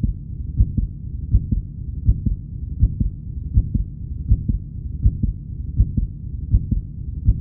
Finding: Heart beat medium.